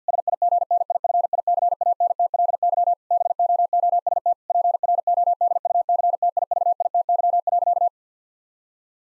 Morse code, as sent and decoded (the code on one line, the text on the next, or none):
... .. --. -. .. ..-. .. -.-. .- -. - .-.. -.-- / -... --- --- ... - / .--. .-. --- -.. ..- -.-. - .. ...- .. - -.-- .-.-.-
SIGNIFICANTLY BOOST PRODUCTIVITY.